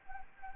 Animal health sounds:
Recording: mosquito wingbeat signal from an infrared sensor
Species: Anopheles arabiensis

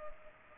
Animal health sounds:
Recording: mosquito wingbeat signal from an infrared sensor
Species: Culex pipiens

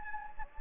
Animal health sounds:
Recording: mosquito wingbeat signal from an infrared sensor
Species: Anopheles gambiae

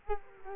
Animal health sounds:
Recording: mosquito wingbeat signal from an infrared sensor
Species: Culex quinquefasciatus

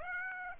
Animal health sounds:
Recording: mosquito wingbeat signal from an infrared sensor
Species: Aedes aegypti

